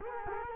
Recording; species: mosquito wingbeat signal from an infrared sensor; Culex quinquefasciatus